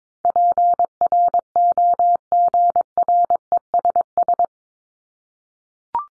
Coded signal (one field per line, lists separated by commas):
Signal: Morse code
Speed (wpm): 22 wpm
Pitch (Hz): 700 Hz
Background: none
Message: PROGRESS